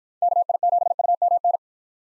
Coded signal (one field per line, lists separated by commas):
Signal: Morse code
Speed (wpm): 53 wpm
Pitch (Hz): 700 Hz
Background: none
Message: KI7UMN